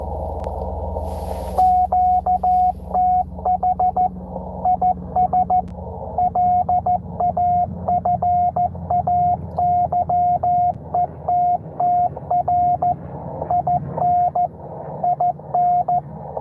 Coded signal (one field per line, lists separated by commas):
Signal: Morse code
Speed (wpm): 13 wpm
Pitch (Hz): 720 Hz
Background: radio noise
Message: QTH IS LAFAYETTR IN IN